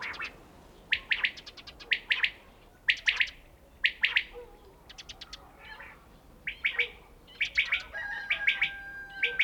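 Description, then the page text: Common quail calling, crisp three-note phrases repeated roughly every second, with a drawn-out tonal sound near the end. Recorded in a mountain village (kishlak). "Mountain Kishlak. Coturnix coturnix - Горный кишлак. Перепел"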